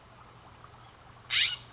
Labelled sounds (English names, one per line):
California Scrub-Jay